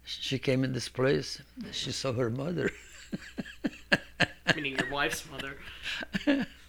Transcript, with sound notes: She came in this place. She saw her mother. (he laughs)
You mean your wife's mother.
Yeah,